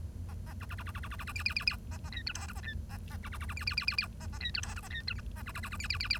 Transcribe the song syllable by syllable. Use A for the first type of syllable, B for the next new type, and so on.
A A B B B B B B B B B C C C C A A D E F G A D A A B B B B C C C C C A A D E F G A D E H A B B B B C C C C